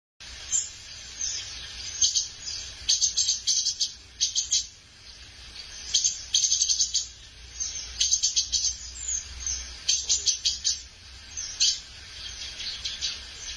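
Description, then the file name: Tanager song: bursts of rapid, thin, high-pitched chirping notes, repeated many times at irregular intervals over a steady background hiss. "canto da saira pintor"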